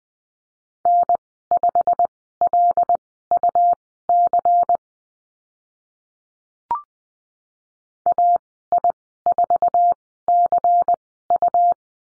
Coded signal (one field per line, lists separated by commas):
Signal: Morse code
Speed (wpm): 20 wpm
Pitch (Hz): 700 Hz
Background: none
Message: N5LUC AI4CU